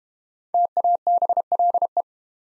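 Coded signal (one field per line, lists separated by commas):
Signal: Morse code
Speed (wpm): 32 wpm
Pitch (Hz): 700 Hz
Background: none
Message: TABLE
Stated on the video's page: Morse practice set of easy words at 25 wpm with contextual hints.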